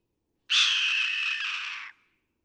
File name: Red-tailed Hawk